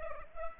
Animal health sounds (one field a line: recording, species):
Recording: mosquito wingbeat signal from an infrared sensor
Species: Culex pipiens